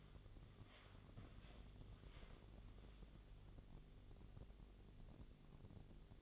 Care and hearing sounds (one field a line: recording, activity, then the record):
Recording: daily activity, microphone in the room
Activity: walk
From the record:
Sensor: 4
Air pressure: 1001.3 hPa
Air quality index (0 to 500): 172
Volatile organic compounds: 2 ppm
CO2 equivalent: 1243 ppm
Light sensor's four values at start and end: 14/32/13/13 and 14/32/13/13